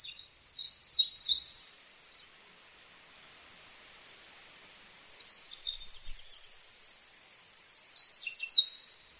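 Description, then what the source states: Olive-backed Pipit singing high, thin trilled phrases, then after a pause a series of rapid descending sweeps. Faint background hiss. Song of a bird perched on a post near Mt Katta in the Zao range, on the Yamagata–Miyagi border, Japan, in fog; has a phrase heard as 'bin-bin tsui-tsui', said to give its Japanese name.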